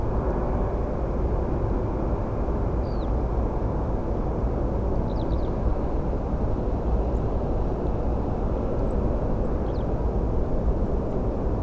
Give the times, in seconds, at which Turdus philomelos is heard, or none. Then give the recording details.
7.14-7.19, 8.88-8.94, 9.43-9.49. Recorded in France